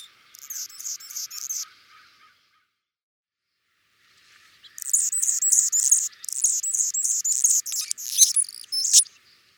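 Anna's hummingbird singing thin, scratchy, buzzy high phrases, a short burst, a pause of a few seconds, then a longer run of squeaky, rasping notes.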